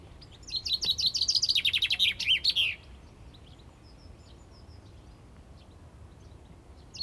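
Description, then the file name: Common chaffinch song: a fast run of bright repeated notes that drops in pitch, ending in a short flourish, then quiet with only a faint note at the very end. "Fringilla coelebs"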